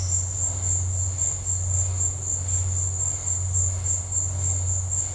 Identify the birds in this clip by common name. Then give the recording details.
none. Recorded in dense forest near Puerto Asís, Putumayo, Colombia, on 19 March 2025 at 17:00. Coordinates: 0.468, -76.322. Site GP01